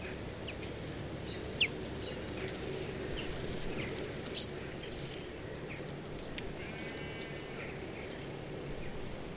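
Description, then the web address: Long-tailed tit giving very high, thin trilling calls that run almost continuously in short strings, with a few brief lower notes between them. "Bird Song Site Tit, Long-tailed - Mesange (longue queue )"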